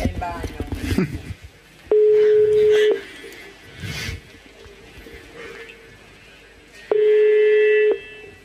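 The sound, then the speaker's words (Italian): An unanswered phone line rings back with two steady, mid-pitched tones, each about a second long and several seconds apart, after someone speaks briefly at the start, with faint voices between. “Non risponde. Non risponde, non vi posso dire chi è.”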